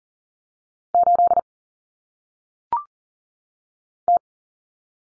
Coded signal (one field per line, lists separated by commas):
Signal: Morse code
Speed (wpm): 40 wpm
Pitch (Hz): 700 Hz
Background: none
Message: 8 T